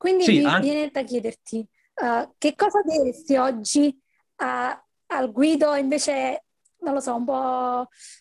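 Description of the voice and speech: A single adult speaks Italian fluently at a higher pitch, with brief pauses and one small restart: ordinary speech.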